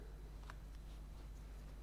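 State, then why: Seated. A plastic slab spacer is pressed onto the top of a pedestal and snaps into place with a single short click at 0.5 s. The spacer is seated, over a faint low steady hum.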